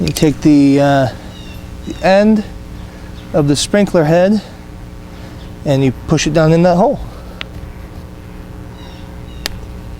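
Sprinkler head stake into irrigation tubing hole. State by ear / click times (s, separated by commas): seated / 9.5 s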